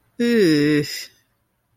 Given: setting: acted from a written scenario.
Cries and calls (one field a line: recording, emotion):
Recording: vocal sound without words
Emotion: embarrassment